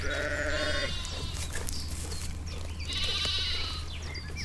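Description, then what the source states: Sheep bleating, two wavering harmonic bleats, the second higher, over background noise and a low steady hum. Several sheep together with lambs.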